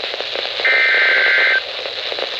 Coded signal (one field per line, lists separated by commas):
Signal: Emergency Alert System (SAME) tones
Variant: header bursts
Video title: Severe Thunderstorm Warning #3 - 06/15/22 (EAS #2,516)